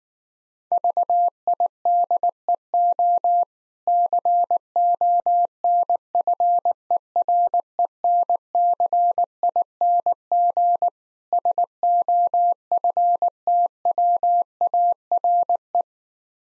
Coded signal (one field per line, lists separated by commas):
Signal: Morse code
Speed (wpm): 19 wpm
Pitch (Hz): 700 Hz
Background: none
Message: VIDEO CONFERENCING SOFTWARE